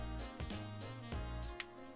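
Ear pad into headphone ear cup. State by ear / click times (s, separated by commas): seated / 1.6 s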